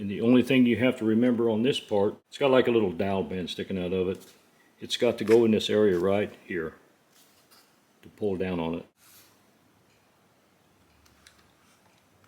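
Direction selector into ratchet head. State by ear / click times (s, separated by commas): seated / 11.3 s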